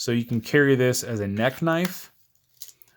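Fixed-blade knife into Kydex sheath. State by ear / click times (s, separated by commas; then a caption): seated / 2.6 s. Someone talks, then a small fixed-blade knife, meant to be carried as a neck knife, is pushed into its thin Kydex sheath. It seats with a positive click at 2.6 s, followed by a few faint small clicks. The knife is held securely enough in the sheath to stay put even when carried upside down.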